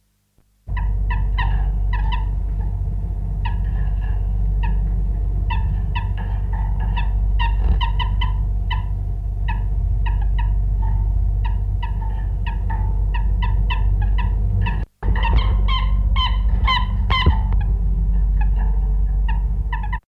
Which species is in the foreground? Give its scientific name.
Lonchura malacca